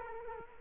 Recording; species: mosquito wingbeat signal from an infrared sensor; Culex quinquefasciatus